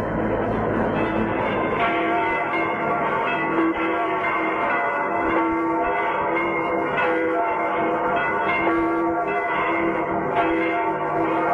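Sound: church bells ringing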